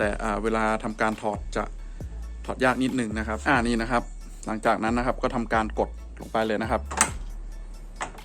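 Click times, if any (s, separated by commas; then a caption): 8.0 s. Someone talks while pushing the plastic clip of a TRD Sports badge emblem into the front grille of a 2007–2012 second-generation Toyota Vios. A short, sharp clack at 8.0 s is the clip snapping in and locking into the grille.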